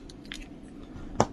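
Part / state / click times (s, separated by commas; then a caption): battery into TENS unit battery compartment / seated / 1.2 s. A 9V battery is placed evenly over the pull-out ribbon into the battery compartment of a TENS 7000 digital unit, with a few faint handling clicks and rustles in the first half second. It is pressed down and snaps into place with a sharp click at 1.2 s, so the battery is seated.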